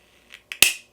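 A silicone sublimation mug clip with a plastic latch is pushed closed around a mug. After a faint tick near 0.3 s, two sharp snaps sound at 0.5 s and 0.6 s, the second louder with a bright ringing tail. The latch snaps closed and the clip wraps around the mug's curve at top and bottom in a nice tight fit.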